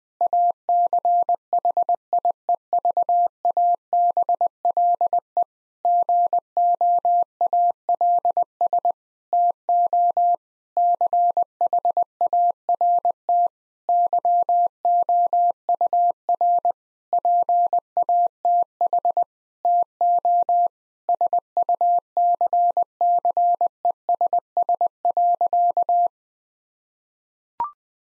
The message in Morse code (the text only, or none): ACHIEVABLE GOALS TO CHART YOUR PATH TO SUCCESS.